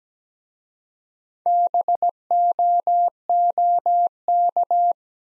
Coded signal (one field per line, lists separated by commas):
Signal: Morse code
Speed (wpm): 17 wpm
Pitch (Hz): 700 Hz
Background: none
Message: BOOK